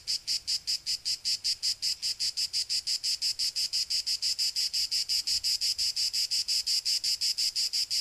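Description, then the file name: Cicada buzzing in rapid, even rhythmic pulses, shrill and steady throughout, the first few slightly weaker. "Cicada 2 euroblues"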